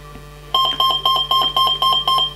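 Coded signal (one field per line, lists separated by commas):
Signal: beep code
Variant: brushless speed controller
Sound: about eight quick, evenly spaced electronic beeps with a bright overtone, running to the end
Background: low hum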